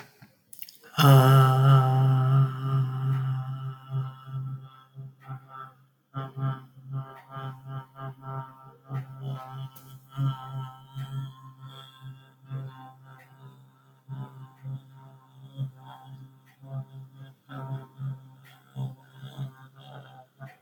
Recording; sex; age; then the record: vowel held as long as possible; female; 50 to 59 years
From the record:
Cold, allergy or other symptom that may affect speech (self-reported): no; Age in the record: 59 years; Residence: United States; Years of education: 16